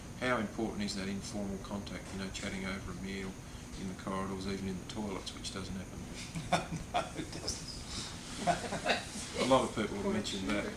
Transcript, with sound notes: How important is that informal contact, you know chatting over a meal in the corridors, even in the toilet, which doesn’t happen.
[laughs] No it doesn’t.
A lot of people have mentioned that.